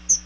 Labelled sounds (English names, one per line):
Chestnut-sided Warbler flight call